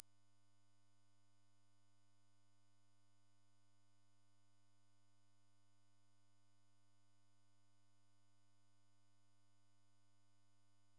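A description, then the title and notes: Two very high pure sine tones, at 15000 Hz and 19000 Hz, hold perfectly steady for the whole eleven seconds. The result is a thin, piercing whine near the top edge of hearing, with no breaks, no changes in pitch and nothing else underneath. Sound Lazer (15000Hz+19000Hz Sine wave).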